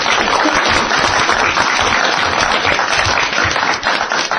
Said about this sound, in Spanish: Un aplauso a los papás y abuelitos. ¡Bravo!